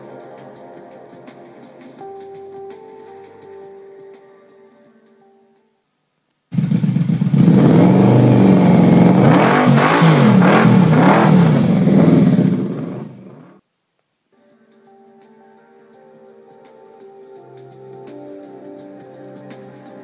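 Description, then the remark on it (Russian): A grimy Vulture hoverbike engine suddenly roars to life and revs hard for several seconds, kicking gravel in all directions. It is a loud, rough, throbbing growl that cuts off abruptly, framed by softer sustained tones before and after. Jim Raynor rides it in StarCraft 2. “Гравий полетел во все стороны, и перед Тайкусом возник чумазый ховербайк-стервятник.”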